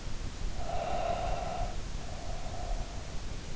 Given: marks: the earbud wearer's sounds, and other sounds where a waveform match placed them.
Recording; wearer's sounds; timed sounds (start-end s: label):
sounds in sleep by an in-ear microphone; breath
0.38-3.33 s: breath